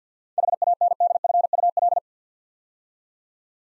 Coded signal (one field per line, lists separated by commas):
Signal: Morse code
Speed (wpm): 46 wpm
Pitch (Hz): 700 Hz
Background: none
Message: HANDFUL